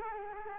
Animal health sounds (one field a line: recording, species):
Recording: mosquito wingbeat signal from an infrared sensor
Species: Culex quinquefasciatus